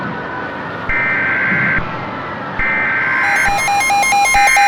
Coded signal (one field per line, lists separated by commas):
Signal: Emergency Alert System (SAME) tones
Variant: header bursts